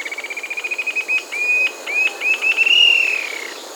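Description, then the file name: Bluish-fronted Jacamar song: a quick run of high thin notes, then longer clear whistles rising and falling, ending in a drawn-out whistle. Recorded in Peru, Amazon region. "Bluish-fronted Jacamar (Galbula cyanescens), Peru"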